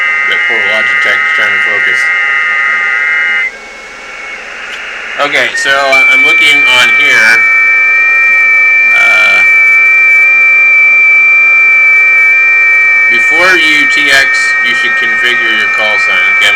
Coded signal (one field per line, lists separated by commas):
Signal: FT8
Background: speech